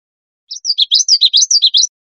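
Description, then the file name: Common yellowthroat song: a fast run of high, rolling phrases repeated several times in under one and a half seconds, with no other sounds. Recorded 27 April 2002. "CR COYE 6 042702"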